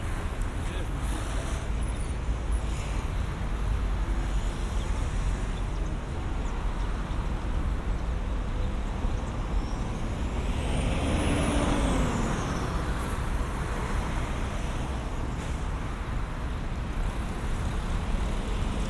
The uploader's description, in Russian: Прогуляйся по улицам, прокатись на авто, перезагрузись у шумящей реки.